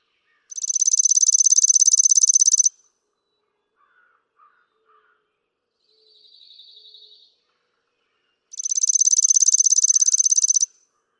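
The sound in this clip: Chipping sparrow song: a dry, rapid, even trill of chips lasting about two seconds, repeated after a pause, with a fainter buzzy trill between.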